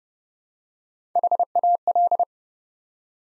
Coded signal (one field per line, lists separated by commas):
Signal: Morse code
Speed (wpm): 28 wpm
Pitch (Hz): 700 Hz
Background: none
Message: HAL